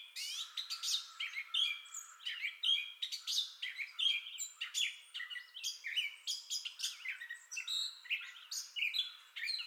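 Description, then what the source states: Gray catbird song, a continuous babble of mixed squeaky, nasal and whistled phrases, varied and rapid, with no long pauses. Entire song bout recorded 2021-05-30.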